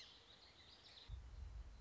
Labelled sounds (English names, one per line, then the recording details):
Song Sparrow
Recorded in Sonoma County, California